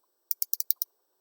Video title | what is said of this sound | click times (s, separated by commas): Instrumento de Metrologia | Eu venho aqui na pontinha dele e giro. Aí você começa a ouvir o clique. | 0.3 s, 0.4 s, 0.5 s, 0.6 s, 0.7 s, 0.8 s